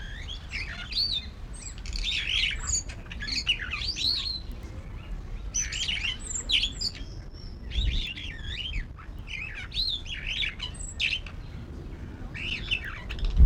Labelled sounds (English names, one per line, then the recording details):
Superb Starling
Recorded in captivity
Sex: male
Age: adult
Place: Zoo Berlin, Berlin, DE
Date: 1994-08-06 12:34
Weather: wolkig bis heiter, 24-28°C
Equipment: Marantz CP 430, Sennheiser ME 80, Kopie Uher Variocord 263
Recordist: Tembrock, Günter
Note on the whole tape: Gesang